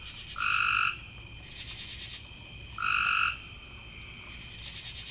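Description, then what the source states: Frog giving two steady, tonal calls about half a second each, spaced around two and a half seconds apart, with a faint high-pitched hiss behind them. Several frogs, recorded in the evening.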